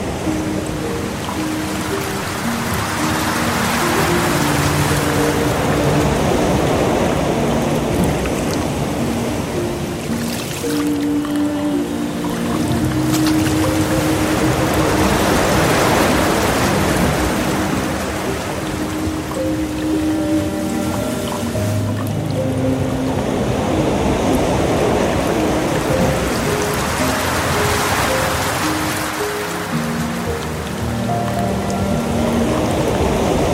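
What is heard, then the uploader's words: Piano music plays over a steady, dense rush of flowing water that stays level throughout. Sustained low and middle notes drift and change slowly, while the water's hiss swells gently in broad waves roughly every twelve seconds. Offering a specially curated blend of relaxing piano music and gentle water streams. Feel the ebb and flow of the waterfall.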